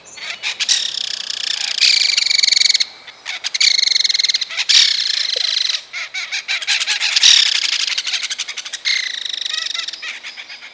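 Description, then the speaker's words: Belted Kingfishers giving harsh, uneven rattles, long dry chattering bursts, with short pauses between runs. Several birds chasing each other around while rattling; harsh, uneven rattle; common across North America. "Here's the sound of several belted kingfishers chasing each other around while rattling away."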